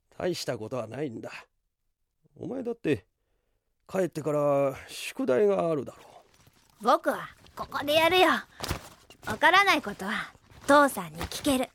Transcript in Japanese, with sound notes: 大したことはないんだ。お前だって帰ってから宿題があるだろう？
（かばんからノートなどをごそごそ出す） ぼくはここでやるよ。分からないことは、父さんに聞ける。